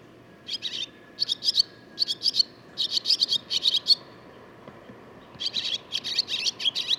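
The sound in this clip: Barn swallow twittering song, bursts of rapid high chirps in short groups separated by brief pauses, with a faint steady hum beneath.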